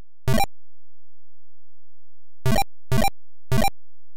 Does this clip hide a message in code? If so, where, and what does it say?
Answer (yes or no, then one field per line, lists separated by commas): no